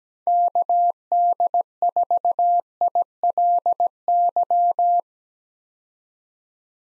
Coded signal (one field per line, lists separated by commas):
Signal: Morse code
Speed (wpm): 17 wpm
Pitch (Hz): 700 Hz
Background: none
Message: KD4ILY